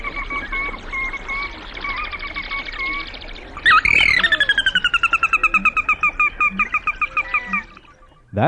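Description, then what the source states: Sora whinny: a loud high note opens a long descending run of rapid repeated notes that fades at the end. Used for marsh bird monitoring survey training.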